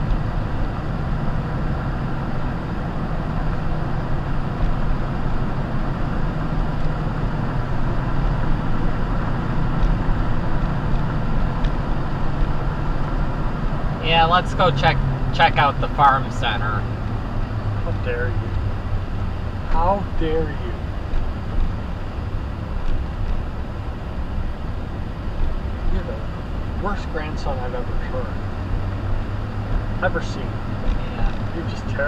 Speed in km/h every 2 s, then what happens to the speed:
52, 53, 53, 53, 53, 53, 53, 44, 35, 31, 31, 31, 29, 29, 34, 37.
0-13 steady at about 53. 13-18 brakes to 31. 18-26 steady at about 31. 26-29 speeds up to 37.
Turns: 16-26.